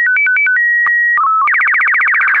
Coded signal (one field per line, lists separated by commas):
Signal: SSTV (slow-scan television)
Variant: Robot BW 8